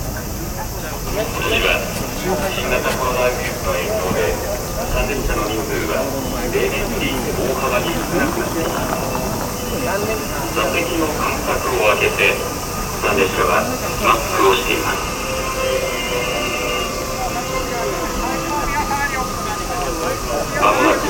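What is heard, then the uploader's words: Voices fill the recording at Yasukuni Shrine, Tokyo, a dense overlapping murmur of many people talking at once. Under the chatter runs a steady low rumble like passing traffic, with brighter clattering bursts around the middle and near the end. Field-recorded at Yasukuni Shrine, Tokyo.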